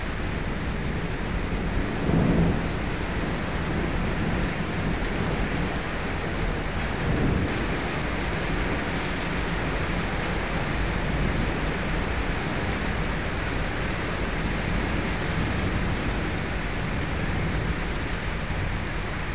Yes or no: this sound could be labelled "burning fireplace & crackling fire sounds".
no